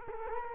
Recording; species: mosquito wingbeat signal from an infrared sensor; Culex quinquefasciatus